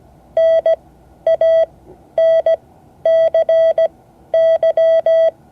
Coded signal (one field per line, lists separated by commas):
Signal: Morse code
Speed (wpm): 17 wpm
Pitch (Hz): 660 Hz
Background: none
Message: NANCY